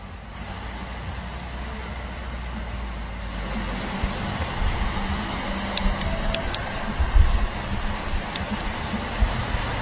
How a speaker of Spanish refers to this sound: Un lugar hoy que además también tiene dos carreteras, por eso el tráfico rodado, que quizás también se puede filtrar